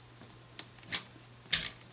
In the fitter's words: will click into place like that